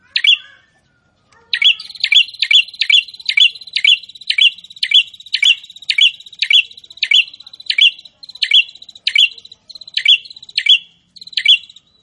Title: Prenjak gacor. bikin prenjak ANDA semakin GANAS dan GACOR